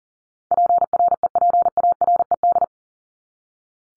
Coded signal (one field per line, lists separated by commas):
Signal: Morse code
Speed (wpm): 40 wpm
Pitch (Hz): 700 Hz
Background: none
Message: PREPARED